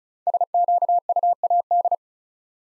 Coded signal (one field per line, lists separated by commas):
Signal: Morse code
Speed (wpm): 36 wpm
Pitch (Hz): 700 Hz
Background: none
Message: SQUAD